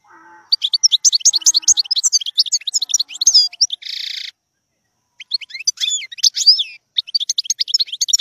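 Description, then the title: European goldfinch singing a dense, fast twittering song with a harsh buzzy note in the middle, then further bright, rolling twitters after a brief pause. Wild bird. "اجمل غناءالحسون الخلويchant chardonneret sauvage collection"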